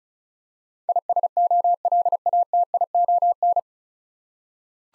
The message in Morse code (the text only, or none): ISOLATION